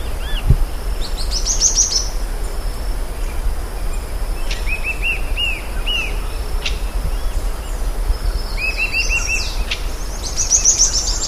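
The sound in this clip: Bird calls, several: short rising chirp series and rapid repeated notes in two bursts, with sharp high clicks, over constant low rumbling noise.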